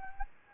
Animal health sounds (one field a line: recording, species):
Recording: mosquito wingbeat signal from an infrared sensor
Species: Anopheles gambiae